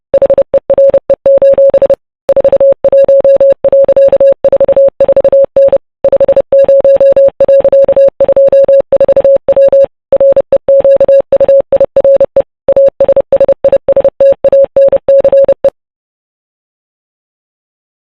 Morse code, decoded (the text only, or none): HERE: 41.44N 50.24W REQUIRE ASSISTANCE